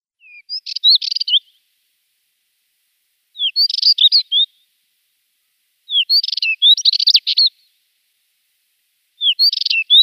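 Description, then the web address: Spectacled warbler singing four short, high, scratchy warbled phrases, spaced about every two and a half to three and a half seconds. "Schulze Peter Spectacled Warbler song"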